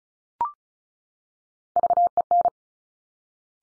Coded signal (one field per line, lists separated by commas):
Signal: Morse code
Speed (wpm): 36 wpm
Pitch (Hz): 700 Hz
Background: none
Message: VEN